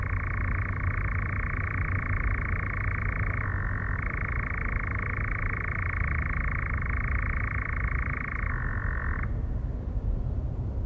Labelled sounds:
Eurasian Nightjar
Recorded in the wild
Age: adult
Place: Federaun, AT
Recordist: Brunner, Thomas

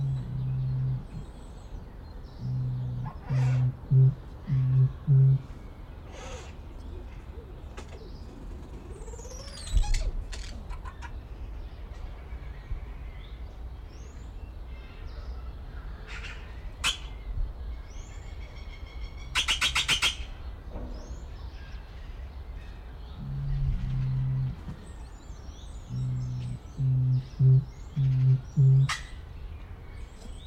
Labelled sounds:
Crested Oropendola call
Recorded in captivity
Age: adult
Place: Zoo Berlin, Berlin, DE
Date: 1994-04-02 11:52
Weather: wolkig bis heiter, 8-10°C
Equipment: Marantz CP 430, Sennheiser ME 80, Kopie Uher Variocord 263
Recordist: Tembrock, Günter

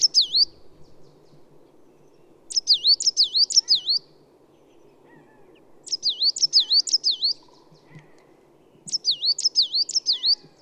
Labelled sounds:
Coal Tit song
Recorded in the wild
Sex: male
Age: adult
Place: Schönow, Naturpark Barnim, Brandenburg, DE
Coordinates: 52.6906, 13.5392
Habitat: pine forest
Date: 2005-03-28
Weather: fair, ca. 0°C, moderate wind
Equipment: Tascam DA-P1, Telinga Pro 5
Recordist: Frommolt, Karl-Heinz
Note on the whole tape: Wald zwischen Schönow und Waldfrieden, Kiefernbestand: Gesang. Zwei unterschiedliche Motive des gleichen Vogels. Singt in der Spitze einer Kiefer. Entfernung ca. 10 m

